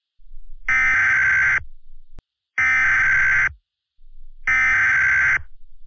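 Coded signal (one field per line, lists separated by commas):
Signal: Emergency Alert System (SAME) tones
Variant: header bursts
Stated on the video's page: Fictional EAS scenario, a recreation.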